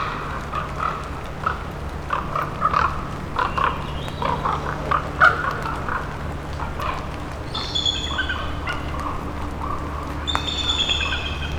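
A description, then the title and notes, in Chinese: Riding a boat along a river through jungle, with a steady low engine hum running underneath throughout. Scattered bird calls chirp and warble over it, and around 8 and 10 seconds a brighter rising whistle-like call stands out above the rest. 乘船漫步在河流之上，听着丛林里的鸟叫_美国阿拉斯加州巴拉诺夫岛锡特卡。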